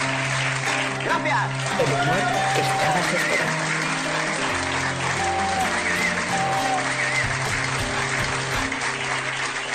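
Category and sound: crowd, applause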